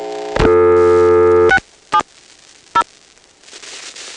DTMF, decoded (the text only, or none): 670